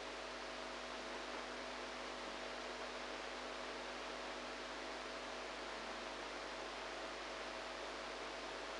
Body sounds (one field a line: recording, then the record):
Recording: brain microelectrode recording played as sound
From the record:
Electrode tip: outside the subthalamic nucleus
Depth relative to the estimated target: 0 mm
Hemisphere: right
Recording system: NeuroSet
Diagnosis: Parkinson's disease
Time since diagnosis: 8 years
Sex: female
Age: 45 years